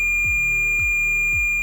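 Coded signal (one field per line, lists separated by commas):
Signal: beep code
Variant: Ovesco remOVE DC cutter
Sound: one continuous high-pitched tone held steady, with a pulsing electronic beat beneath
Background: background electronic music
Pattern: 1 continuous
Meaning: All three cutter tips are in full contact with the clip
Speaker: Now, establish contact with the clip. A continuous audible signal confirms that all three tips are in full contact.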